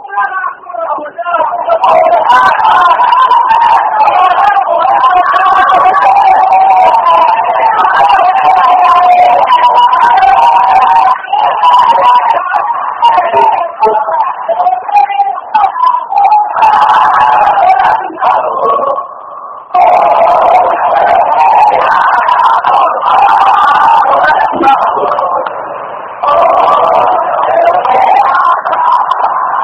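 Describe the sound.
A stadium crowd chants "vamos, vamos" in a loud, steady massed roar, voices rising and falling together in a repeated rhythmic call, with a brief dip in the middle before the chant swells again, drowning out some insults during the crowd's reception at a clásico.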